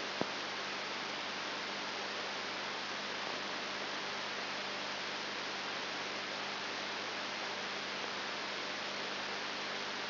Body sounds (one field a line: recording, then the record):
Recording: brain microelectrode recording played as sound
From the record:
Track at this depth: outside the subthalamic nucleus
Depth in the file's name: 6.5 mm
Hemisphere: left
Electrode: 3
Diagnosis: Parkinson's disease